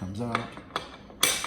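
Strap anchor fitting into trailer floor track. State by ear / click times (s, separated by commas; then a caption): seated / 1.2 s. Someone talks while the strap anchor fitting of an Erickson 09160 wheel chock tie-down kit is re-inserted into the trailer floor track, with a brief metallic tick around 0.8 s. A sharp metal click at 1.2 s marks the anchor seating in the track, and it is confirmed clicked in place.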